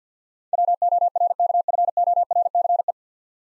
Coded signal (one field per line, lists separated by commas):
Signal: Morse code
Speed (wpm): 50 wpm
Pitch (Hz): 700 Hz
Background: none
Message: WORKFORCE